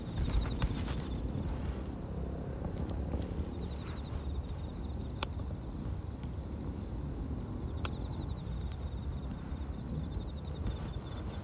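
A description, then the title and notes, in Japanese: Weeding among carrots at dusk, with a steady low rumble of wind or machinery filling the background throughout. Thin, high insect-like trilling persists above it, and a few brief sharp ticks or clicks sound around the first second, near five seconds and near eight seconds. ガサガサ音あり 人参除草／夕暮れ。片手にハサミを持ちながら、草を抜きつつ、大きいものはチョンチョン切っていきます。蚊が集まってきて、服の上からでも強烈に刺してきます。秋虫も大合唱。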